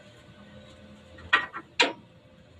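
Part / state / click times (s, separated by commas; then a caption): tailgate lock latch on a dump truck body / seated / 1.3 s, 1.8 s. The tailgate lock latch on a dump truck body is pushed shut, giving two sharp metallic hits at 1.3 s and 1.8 s over a faint low background hum, with a softer knock between them. The lock closes flush and is firmly seated.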